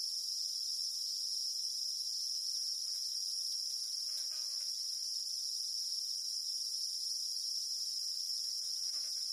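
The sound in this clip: Cicada song, a steady shrill high-pitched drone holding without a break throughout.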